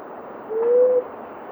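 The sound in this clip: Blue-headed quail-dove call: a single low, soft hoot lasting about half a second, rising slightly in pitch, over a steady background hiss.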